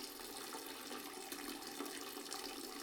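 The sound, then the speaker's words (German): A toilet in a detention cell flushes with a steady hiss, a bright rushing wash of water that holds an even loudness for the full few seconds with no voices over it. “Also Ihre Spülung faucht ihr, als würde das Ding gleich überkochen.”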